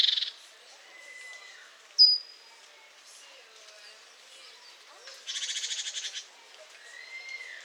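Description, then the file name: Great tit with a loud, rapid pulsed churr lasting about a second, with sharp high notes earlier and a soft whistled note after. "Parus major"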